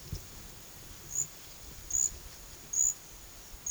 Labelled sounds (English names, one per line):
none